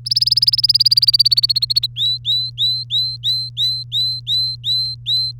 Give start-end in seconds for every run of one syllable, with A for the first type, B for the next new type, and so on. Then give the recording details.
0.05-1.86 A, 1.96-5.31 B. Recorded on 3 May 2018 at 10:48. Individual llb3